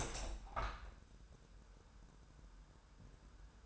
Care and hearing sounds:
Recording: daily activity, microphone in the room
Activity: open window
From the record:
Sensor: 2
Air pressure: 999.8 hPa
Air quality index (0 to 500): 230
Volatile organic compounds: 61 ppm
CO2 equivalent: 3431 ppm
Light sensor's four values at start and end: 8/19/8/8 and 9/21/8/8

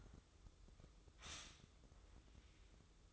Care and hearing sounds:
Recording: daily activity, microphone in the room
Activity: stop toaster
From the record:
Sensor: 3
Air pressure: 995.2 hPa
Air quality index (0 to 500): 74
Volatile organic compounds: 5 ppm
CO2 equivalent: 1745 ppm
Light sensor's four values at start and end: 18/55/23/20 and 18/55/23/20

